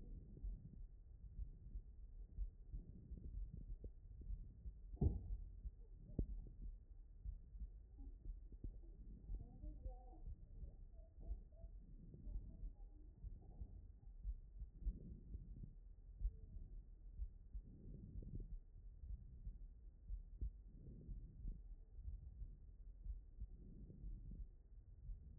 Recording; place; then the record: heart sounds by stethoscope; aortic valve (AV)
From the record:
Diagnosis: non-HFrEF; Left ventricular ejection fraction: 71%